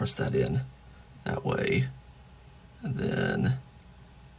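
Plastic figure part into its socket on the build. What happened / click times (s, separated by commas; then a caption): The plastic part is being handled but has not clicked into place yet / none. Someone talks in three short bursts while handling a plastic part of a Transformers building-block figure, lining it up to press into its socket joint on the build. No click is heard; the part has not popped in or seated yet.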